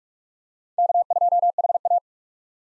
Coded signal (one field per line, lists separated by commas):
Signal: Morse code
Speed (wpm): 46 wpm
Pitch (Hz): 700 Hz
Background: none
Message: K2HA